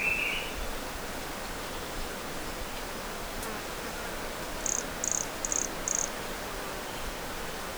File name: MHNCI Brachycephalus sulfuratus Morro do Garrafo not collected LFRibeiro